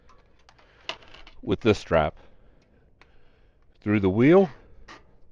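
A ratchet wheel strap, threaded through a bike wheel and sitting in its buckle on a hitch bike rack, is being handled, giving a few short, sharp ticks and light rattles between stretches where someone talks. Nothing has seated or clicked tight yet.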